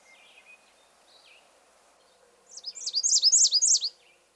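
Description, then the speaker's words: American Redstart song: a quick series of high, sharply slurred notes repeated several times, faint thin notes before it. Male alternating his various songs, giving a variety of phrases. "Finally, listen to a bird that is alternating his various songs."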